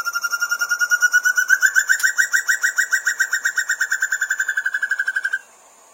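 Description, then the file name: Banded broadbill song: a fast, steady series of many loud notes, rising slightly in pitch, stopping abruptly after about five seconds. "Canto do banded broadbill"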